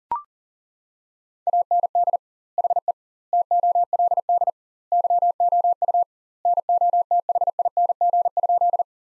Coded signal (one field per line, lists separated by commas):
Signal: Morse code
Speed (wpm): 40 wpm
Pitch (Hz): 700 Hz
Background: none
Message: AND HE TOLD YOU NOTHING?